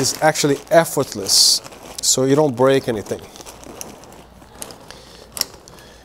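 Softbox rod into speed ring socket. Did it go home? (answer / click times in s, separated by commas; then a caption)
yes / 5.4 s. A softbox support rod is pushed into the speed-ring socket of an LED light modifier while someone talks. After the talking, a few small clicks and crinkles follow before the rod snaps home with a sharp click at 5.4 s, seated.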